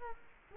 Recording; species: mosquito wingbeat signal from an infrared sensor; Culex quinquefasciatus